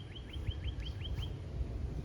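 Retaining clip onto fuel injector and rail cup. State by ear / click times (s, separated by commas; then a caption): not seated / none. A metal retaining clip is lined up with the flat side and ridge of a fuel injector and its rail cup on a 2009 Lincoln MKS 3.7 Ford engine, only being positioned before it is pushed on. A steady low rumble runs throughout, with a series of seven short, rising chirp-like tones around 2–3 kHz. Nothing has clicked or snapped into place yet.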